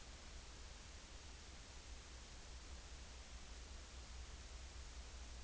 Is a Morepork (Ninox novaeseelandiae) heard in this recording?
no